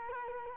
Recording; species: mosquito wingbeat signal from an infrared sensor; Culex quinquefasciatus